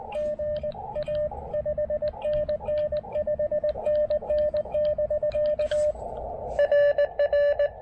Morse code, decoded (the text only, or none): GA 5NN 5NN <BK> RR